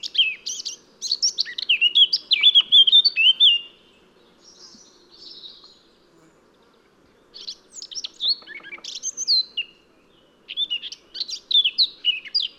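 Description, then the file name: Eurasian blackcap song: two bouts of scratchy, chattering warble, separated by a few seconds of soft, quiet notes over a low steady hum. "Sylvia atricapilla"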